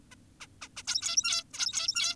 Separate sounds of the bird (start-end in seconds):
0.12-0.15, 0.41-0.47, 0.62-0.68, 0.77-0.83, 0.88-1.44, 1.54-2.16